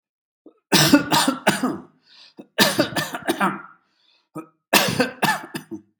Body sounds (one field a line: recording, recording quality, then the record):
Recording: heavy voluntary cough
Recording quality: excellent, no background noise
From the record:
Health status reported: healthy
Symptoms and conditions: diabetes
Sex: male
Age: 57 years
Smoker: not ticked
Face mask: not worn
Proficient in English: yes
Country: India